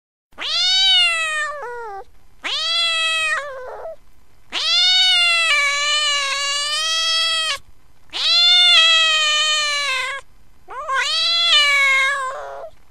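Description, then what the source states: Cat caterwauling in a series of five loud, wavering wails, each rising then falling away, separated by short silences. Angry cat.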